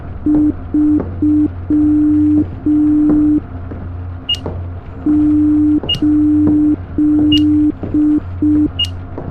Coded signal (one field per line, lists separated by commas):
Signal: Morse code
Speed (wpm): 5 wpm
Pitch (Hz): 300 Hz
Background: none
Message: 3 8